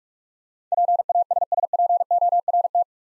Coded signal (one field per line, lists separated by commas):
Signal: Morse code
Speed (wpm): 41 wpm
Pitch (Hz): 700 Hz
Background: none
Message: PASSPORT